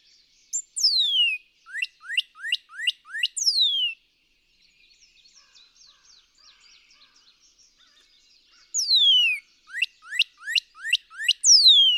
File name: Northern Cardinal